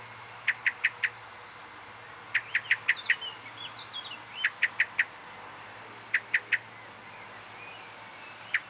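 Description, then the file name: Common blackbird calls: sharp, metallic clicks in quick bursts of three to five, the bursts coming irregularly every second or two over a steady high insect-like hum. "Turdus merula"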